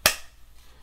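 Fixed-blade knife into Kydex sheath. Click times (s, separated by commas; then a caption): 0.1 s. A USA-made Very Good Knife Co Mustang fixed-blade clip point knife is pushed back into its Kydex sheath and snaps home with a single sharp, bright click at 0.1 s, followed by a short fading ring and near silence. The knife seats securely, with the audible click confirming it is firmly held.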